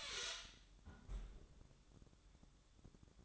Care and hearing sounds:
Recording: daily activity, microphone in the room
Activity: close fridge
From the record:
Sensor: 3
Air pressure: 1007.7 hPa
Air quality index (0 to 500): 68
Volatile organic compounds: 1 ppm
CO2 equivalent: 635 ppm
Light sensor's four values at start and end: 12/29/12/12 and 12/29/12/12

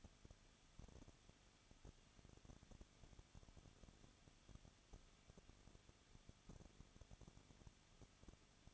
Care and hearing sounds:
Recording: daily activity, microphone in the room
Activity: no activity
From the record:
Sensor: 4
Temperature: 23.0 degrees Celsius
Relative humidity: 34.6%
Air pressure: 1007.2 hPa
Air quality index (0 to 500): 215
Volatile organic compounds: 15 ppm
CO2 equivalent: 2496 ppm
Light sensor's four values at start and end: 2/3/1/1 and 2/3/1/1

